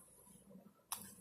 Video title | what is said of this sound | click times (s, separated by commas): Brother MFC 525W Сборка | все защелки защелкиваются то здесь вот ровный ровный зазор никаких ступенек выступов там все | 0.9 s